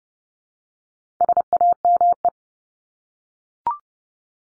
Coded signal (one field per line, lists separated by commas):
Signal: Morse code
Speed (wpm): 30 wpm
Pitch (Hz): 700 Hz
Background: none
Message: SAME